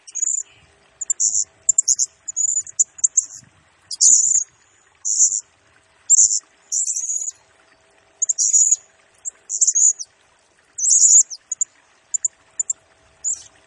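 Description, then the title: Blue-crowned hanging parrot song: bursts of shrill, very high squeaky notes and buzzy trills, delivered in rapid clusters with short gaps throughout; no other clear sounds. Lure and tutoring recording of a serindit singing actively (gacor, nembak style), intended to excite other birds and train them. "Burung Serindit Nembak Gacor Bikin Emosi Semua Burung"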